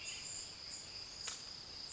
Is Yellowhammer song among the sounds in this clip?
no